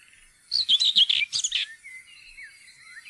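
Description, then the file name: Common whitethroat giving one quick scratchy warbled phrase, followed by faint thin whistles in the background. "tornsanger"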